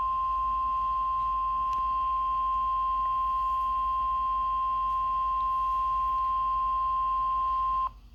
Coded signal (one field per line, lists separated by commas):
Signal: Emergency Alert System (SAME) tones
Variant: 1050 Hz attention tone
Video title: Required Weekly Test (2/2/22)(EAS #832)